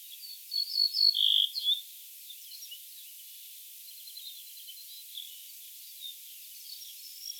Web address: emberiza hortulana call